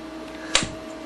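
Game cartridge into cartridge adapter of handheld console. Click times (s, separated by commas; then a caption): 0.6 s. A Nintendo game cartridge is pushed into the Famicom/NES adapter of a handheld console. Quiet handling sounds lead into a sharp, loud click at 0.6 seconds as the cartridge pops into the adapter and seats.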